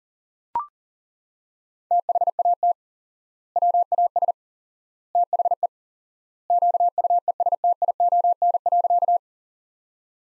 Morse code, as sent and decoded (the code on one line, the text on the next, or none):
- .... .- - / .-- .- ... / - .... . / --.- ..- . ... - .. --- -. .-.-.-
THAT WAS THE QUESTION.